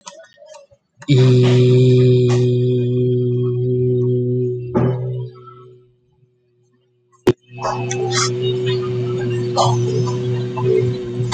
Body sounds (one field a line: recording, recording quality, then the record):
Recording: sustained vowel as in beet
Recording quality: moderate, slight background noise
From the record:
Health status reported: healthy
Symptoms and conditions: sore throat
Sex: male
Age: 30 years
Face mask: not worn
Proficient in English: yes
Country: India